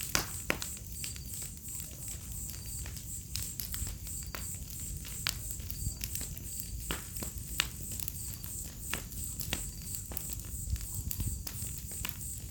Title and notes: Fogueira, grilos e estalar do fogo relaxante e inspirador - Bonfire, crickets, firecrackling relaxing and inspiring. Ouça ao estalar do fogo e uma sinfonia de grilos em uma noite de outono. Vila em meio a Mata Atlântica